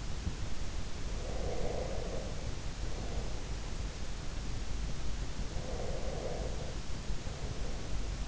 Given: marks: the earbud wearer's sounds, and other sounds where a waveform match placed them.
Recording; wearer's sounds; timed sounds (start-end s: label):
sounds in sleep by an in-ear microphone; breath
1.26-3.73 s: breath
5.49-8.28 s: breath